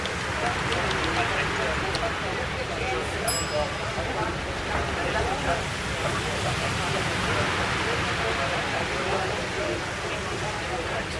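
Steady, dense café chatter fills the room at an even level, with a brief bright clink of dishware about three seconds in.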